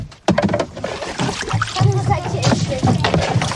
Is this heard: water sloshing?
yes